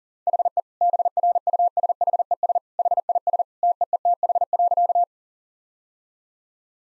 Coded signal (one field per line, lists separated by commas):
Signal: Morse code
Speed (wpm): 40 wpm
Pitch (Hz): 700 Hz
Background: none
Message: HE BRUSHES HIS TEETH.